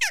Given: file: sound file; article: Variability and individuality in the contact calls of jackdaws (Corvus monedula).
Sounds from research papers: jackdaw call; harmonic

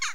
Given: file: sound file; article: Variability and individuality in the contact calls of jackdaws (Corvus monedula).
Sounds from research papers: jackdaw call; harmonic

